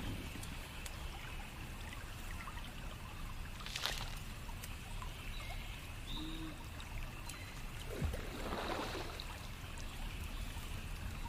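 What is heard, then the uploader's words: Forest pond ambience with a steady watery trickle, a faint high insect-like tone, and brief splashes or drips near four and eight seconds. Celestial night in mystic forest asmr ambience | enchanted forest pond sounds NO MUSIC. Calming water sound (flowing/dipping/swirling).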